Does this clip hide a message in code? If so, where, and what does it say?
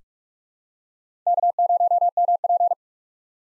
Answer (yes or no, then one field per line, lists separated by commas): yes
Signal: Morse code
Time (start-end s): 1.3-2.7 s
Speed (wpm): 45 wpm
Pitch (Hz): 700 Hz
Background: none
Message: K0MP